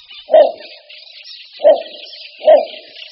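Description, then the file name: Little bittern giving deep, single barking notes, three in a row about a second apart, over a steady high buzzing chorus. "Bukáček malý"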